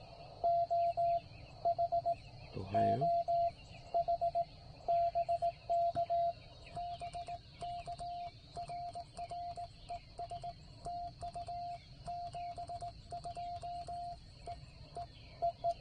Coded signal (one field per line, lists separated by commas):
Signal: Morse code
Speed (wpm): 19 wpm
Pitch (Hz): 690 Hz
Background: none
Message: OH OH BK BK RR ES TU 72 E E EE